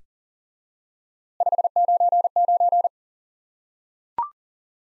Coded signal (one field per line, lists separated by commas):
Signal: Morse code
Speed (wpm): 37 wpm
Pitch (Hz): 700 Hz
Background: none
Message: 599